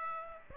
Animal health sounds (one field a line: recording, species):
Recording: mosquito wingbeat signal from an infrared sensor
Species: Aedes aegypti